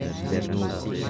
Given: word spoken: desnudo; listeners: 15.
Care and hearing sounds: one Spanish word in noise, from a listening test; eight-talker babble; -0.6 dB; 2 of 15; 6 of 15; 0.70 s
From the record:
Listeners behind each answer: 6, 4, 2, 1, 1, 1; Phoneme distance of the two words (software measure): 10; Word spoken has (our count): 3 syllables, 7 phonemes, stress on syllable 2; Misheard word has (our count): 3 syllables, 7 phonemes, stress on syllable 2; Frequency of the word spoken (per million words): 19.11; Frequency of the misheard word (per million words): 16.57

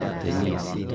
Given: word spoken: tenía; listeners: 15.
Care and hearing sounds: one Spanish word in noise, from a listening test; eight-talker babble; 0.1 dB; 0 of 15; 6 of 15; 0.55 s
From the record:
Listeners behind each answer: 6, 2, 1, 1, 1, 1, 1, 1, 1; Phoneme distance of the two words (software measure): 24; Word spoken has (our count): 3 syllables, 5 phonemes, stress on syllable 2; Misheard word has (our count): 2 syllables, 5 phonemes, stress on syllable 2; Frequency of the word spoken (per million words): 439.78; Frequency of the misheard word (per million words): 1.28

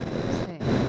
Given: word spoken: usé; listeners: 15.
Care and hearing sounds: one Spanish word in noise, from a listening test; noise modulated by one talker; -12.5 dB; 1 of 15; 6 of 15; 0.49 s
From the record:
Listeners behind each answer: 6, 4, 2, 1, 1, 1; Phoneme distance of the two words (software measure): 7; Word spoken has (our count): 2 syllables, 3 phonemes, stress on syllable 2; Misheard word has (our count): 1 syllable, 2 phonemes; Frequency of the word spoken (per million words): 0.80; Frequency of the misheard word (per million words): 13257.31

